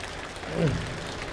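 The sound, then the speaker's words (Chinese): An audience applauds steadily for the performer Li Jindou and his student as they bow again on stage, a dense wash of clapping that holds at an even level throughout, with a brief murmur of a voice rising faintly through it midway. “师傅，您看，还没说话呢，观众这么热情，咱们再鞠一个， 再来一回。”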